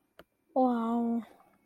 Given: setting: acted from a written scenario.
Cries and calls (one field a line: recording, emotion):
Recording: vocal sound without words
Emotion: serenity